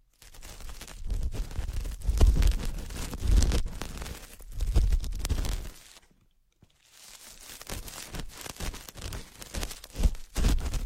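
Ear picking sounds: dense, scratchy rustling and crackling pressed against the ear, with heavy low thumps and scrapes in bursts through the first six seconds. A brief near-silence follows around six to seven seconds, then lighter, finer scratching with occasional sharper rubs resumes.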